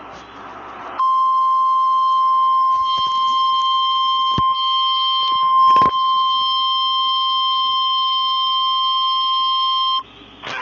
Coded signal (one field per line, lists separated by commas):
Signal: Emergency Alert System (SAME) tones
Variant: 1050 Hz attention tone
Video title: 6/23/22 - Severe Thunderstorm Warning for Lincoln County Kansas (EAS #74)